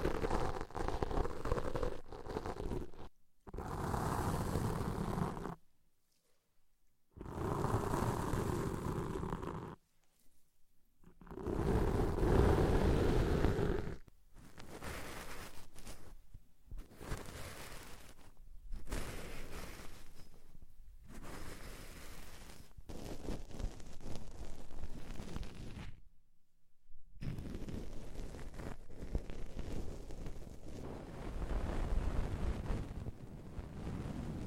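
Ear cleaning sounds come in rubbing, scraping bursts with a rough, rushing texture heavy in the lows. The bursts last from one to several seconds and are cut by abrupt full silences, around 3, 6, 10, 14 and 26 seconds, with steadier stretches later.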